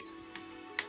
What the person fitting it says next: And you just snap it up into place.